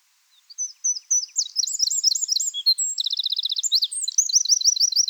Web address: SETE Troglodytes troglodytes